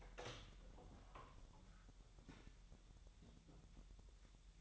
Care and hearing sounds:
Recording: daily activity, microphone in the room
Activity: open door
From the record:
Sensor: 3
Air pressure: 1001.2 hPa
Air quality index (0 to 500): 249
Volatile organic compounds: 175 ppm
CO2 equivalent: 4126 ppm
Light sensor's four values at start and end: 12/28/12/11 and 12/28/12/12

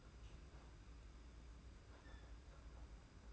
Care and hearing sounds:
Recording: daily activity, microphone in the room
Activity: open fridge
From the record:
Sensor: 2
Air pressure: 991.7 hPa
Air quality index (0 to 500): 221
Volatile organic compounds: 1000 ppm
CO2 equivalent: 7382 ppm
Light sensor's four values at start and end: 25/80/31/29 and 25/80/31/29

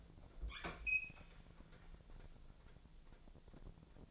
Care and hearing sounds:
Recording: daily activity, microphone in the room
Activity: open fridge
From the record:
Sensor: 5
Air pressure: 1000.2 hPa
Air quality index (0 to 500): 100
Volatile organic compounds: 1 ppm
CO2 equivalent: 812 ppm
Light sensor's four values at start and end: 235/557/239/262 and 239/565/242/266

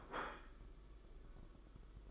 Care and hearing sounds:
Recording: daily activity, microphone in the room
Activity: place plate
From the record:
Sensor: 5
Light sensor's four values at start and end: 38/121/46/49 and 38/121/46/49

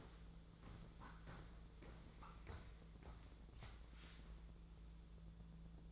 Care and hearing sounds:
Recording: daily activity, microphone in the room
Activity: walk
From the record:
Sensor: 3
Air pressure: 1005.5 hPa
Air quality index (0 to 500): 97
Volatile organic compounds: 3 ppm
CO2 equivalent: 1514 ppm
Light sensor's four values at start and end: 10/24/10/9 and 10/24/10/9

